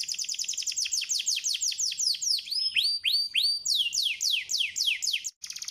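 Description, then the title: Canary song, a fast run of descending chirps repeated in quick series, shifting into rising sweeps, then falling chirps again, then a dense buzzy trill near the end. Canary master (tutor) song for training other canaries to imitate; described as gacor (singing prolifically) and easy to copy. "MASTERAN KENARI GACOR MUDAH DI TIRU."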